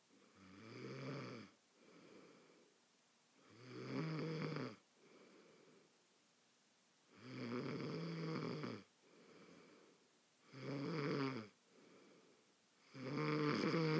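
Five loud, low, rattling snores from a sleeping adult come on the in-breaths, about every three seconds, with softer breathy out-breaths between. The pattern is steady, typical of ordinary snoring during sleep.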